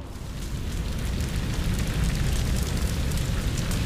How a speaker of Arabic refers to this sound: ماذا حدث؟ انفجرت انفجارا هائلا. اتصلوا بقسم الإطفاء. الأضرار كثيرة.